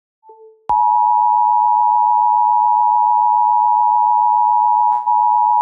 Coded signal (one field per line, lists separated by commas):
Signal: Emergency Alert System (SAME) tones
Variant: 853 and 960 Hz attention tone